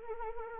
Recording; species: mosquito wingbeat signal from an infrared sensor; Anopheles arabiensis